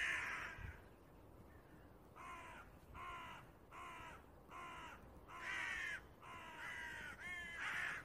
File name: Corvus corone